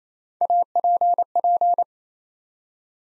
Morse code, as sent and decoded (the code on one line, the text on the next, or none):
.- .--. .--.
APP